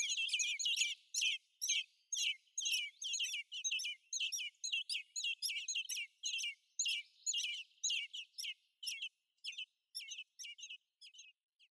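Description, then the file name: Common blackbird calling: a rapid series of sharp, high chattering notes, about two to three per second, steady at first and thinning toward the end. "Turdus merula"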